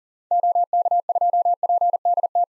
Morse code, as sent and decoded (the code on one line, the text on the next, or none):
--- -.- ..--- .--. -.. -
OK2PDT